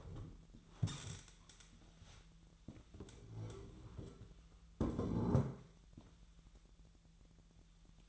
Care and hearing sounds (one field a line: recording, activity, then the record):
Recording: daily activity, microphone in the room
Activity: stand up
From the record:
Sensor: 3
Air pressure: 1001.9 hPa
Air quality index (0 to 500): 248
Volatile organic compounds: 130 ppm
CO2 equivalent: 3928 ppm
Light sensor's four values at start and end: 10/23/9/10 and 8/19/8/8